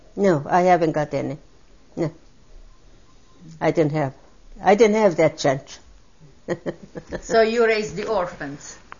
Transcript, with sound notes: No, I haven't got any, no. I didn't have. I didn't have that chance. ( she laughs )
So you raised the orphans.